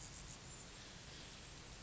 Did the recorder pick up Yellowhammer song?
no